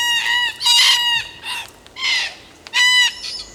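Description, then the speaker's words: Red-tailed black cockatoo: several harsh, rasping screeches, each up to about half a second, separated by short pauses. Red-tailed black cockatoos screeching from the trees. "I love the sound of red-tailed black cockatoos screeching from the trees."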